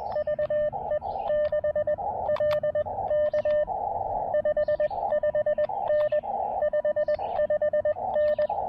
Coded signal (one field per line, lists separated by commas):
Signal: Morse code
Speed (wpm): 20 wpm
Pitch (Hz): 600 Hz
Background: radio noise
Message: VE6LK 55N 55N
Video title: SOTA on Hibriten Mountain: Quick hike, pack test, and QRP summit fun!